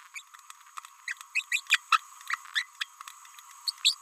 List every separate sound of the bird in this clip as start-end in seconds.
0.15-0.22, 1.08-1.13, 1.35-1.43, 1.52-1.60, 1.70-1.77, 1.92-1.97, 2.30-2.37, 2.56-2.66, 2.81-2.83, 3.67-3.70, 3.85-3.94